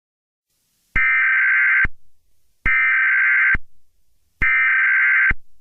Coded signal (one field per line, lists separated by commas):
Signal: Emergency Alert System (SAME) tones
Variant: header bursts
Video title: Easter Killer Bunny (Easter EAS Scenario)